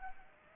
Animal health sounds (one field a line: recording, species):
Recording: mosquito wingbeat signal from an infrared sensor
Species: Anopheles arabiensis